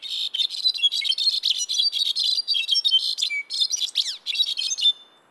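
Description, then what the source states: Brown-backed Solitaire singing a long, dense stream of high, fluty and metallic notes with quick trills, a short steady whistle and a falling note late in the song. The second of two songs played for comparison; songs differ in structure and duration by where birds grow up, like dialects; sings year-round in high-altitude forests from Mexico to Central America.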